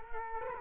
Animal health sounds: mosquito wingbeat signal from an infrared sensor; Culex quinquefasciatus

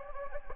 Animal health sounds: mosquito wingbeat signal from an infrared sensor; Anopheles gambiae

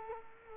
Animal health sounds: mosquito wingbeat signal from an infrared sensor; Culex quinquefasciatus

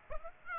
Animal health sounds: mosquito wingbeat signal from an infrared sensor; Aedes aegypti

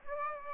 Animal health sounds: mosquito wingbeat signal from an infrared sensor; Aedes aegypti

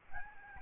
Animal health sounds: mosquito wingbeat signal from an infrared sensor; Aedes albopictus

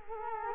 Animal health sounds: mosquito wingbeat signal from an infrared sensor; Culex quinquefasciatus

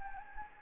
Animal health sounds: mosquito wingbeat signal from an infrared sensor; Anopheles gambiae

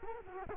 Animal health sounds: mosquito wingbeat signal from an infrared sensor; Culex quinquefasciatus

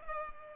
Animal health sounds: mosquito wingbeat signal from an infrared sensor; Culex pipiens

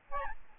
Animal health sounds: mosquito wingbeat signal from an infrared sensor; Aedes albopictus

